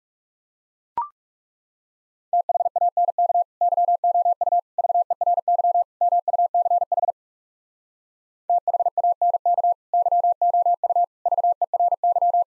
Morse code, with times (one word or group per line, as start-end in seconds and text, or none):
2.3-3.4 THANK
3.6-4.6 YOU
4.8-5.8 VERY
6.0-7.1 MUCH
8.5-9.7 THANK
9.9-11.0 YOU
11.3-12.4 VERY